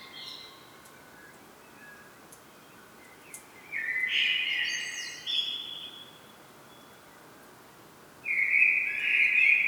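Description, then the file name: Common blackbird song. Quiet soft notes lead into a flutey warble and a higher twittery phrase. A further low whistled phrase follows after a pause. "Turdus merula"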